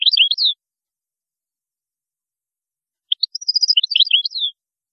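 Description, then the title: European goldfinch phrases: a brief twittering burst, a pause of about two and a half seconds, then a longer run of tinkling, slurred high notes. "Chant Chardonneret"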